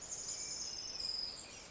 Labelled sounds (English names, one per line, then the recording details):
Orange-crowned Warbler
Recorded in Sonoma County, California